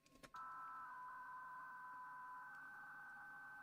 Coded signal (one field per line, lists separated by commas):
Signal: PSK63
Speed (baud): 62.5 baud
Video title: M0KNM - RSGB 3.5MHz Club Championship Data Contests Livestream 11/02/26